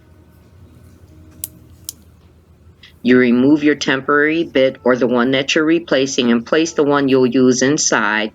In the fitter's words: you turn it to the left to unlock but you'll hear a double click